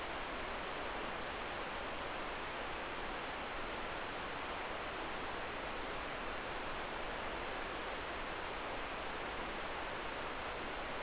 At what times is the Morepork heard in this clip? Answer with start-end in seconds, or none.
none